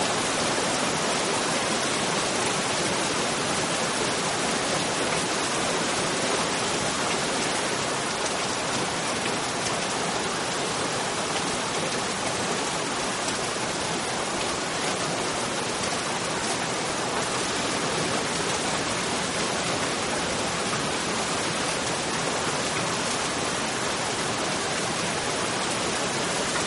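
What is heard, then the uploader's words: Steady, dense rain hisses evenly for the whole stretch, a constant bright wash with no breaks, distinct drops or other sounds. Symphony of Rain.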